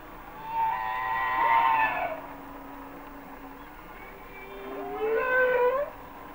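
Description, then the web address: Humpback whale song: a long level harmonic cry, a low drawn-out moan beneath, then a rising, wavering call. "Whale Songs Sounds of Nature - Humpback Whales"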